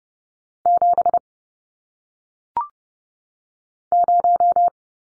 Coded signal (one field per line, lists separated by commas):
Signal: Morse code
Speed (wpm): 30 wpm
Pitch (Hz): 700 Hz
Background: none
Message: 7 0